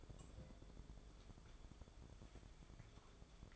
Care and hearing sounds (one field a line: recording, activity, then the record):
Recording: daily activity, microphone in the room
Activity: take from stove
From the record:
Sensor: 5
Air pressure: 1010.5 hPa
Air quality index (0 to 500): 113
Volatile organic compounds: 2 ppm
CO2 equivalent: 1117 ppm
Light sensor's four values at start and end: 543/1380/574/661 and 551/1406/583/676